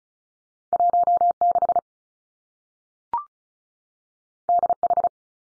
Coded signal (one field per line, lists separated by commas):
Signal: Morse code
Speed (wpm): 36 wpm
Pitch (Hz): 700 Hz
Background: none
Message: 1 6 D H